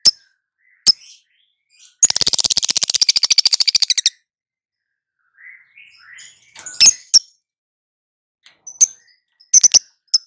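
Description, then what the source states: Lovebird calls: scattered sharp chirps, a rapid two-second rattling trill, then soft twittering and more high clicks. Lovebird, ngekek panjang (long trill) song style, with ngetik (ticking chirps).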